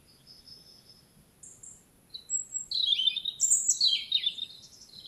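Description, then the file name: European robin song opening with thin, sustained high notes, then a louder, jumbled phrase of tinkling warbles. "Erithacus rubecula"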